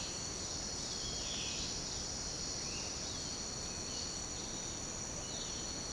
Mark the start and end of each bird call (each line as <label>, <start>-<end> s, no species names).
bird call, 1.12-1.69 s